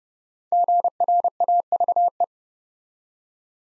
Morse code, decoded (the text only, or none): GRAVE